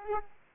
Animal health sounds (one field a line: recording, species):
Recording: mosquito wingbeat signal from an infrared sensor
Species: Aedes aegypti